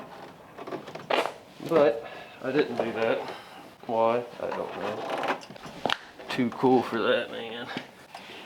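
Worn rubber weather stripping is being replaced and pushed into the door frame channel of an abandoned Squarebody dually truck cab, with spray cleaner used to help it slide in. Someone talks over soft handling noises, with brief sharp knocks around 1.1 s and 5.9 s. Nothing has seated or popped into place yet.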